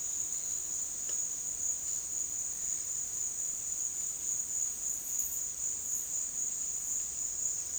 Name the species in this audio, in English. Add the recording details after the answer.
none. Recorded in dense forest near Puerto Asís, Putumayo, Colombia, on 18 February 2024 at 15:00. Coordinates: 0.466, -76.327. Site G6413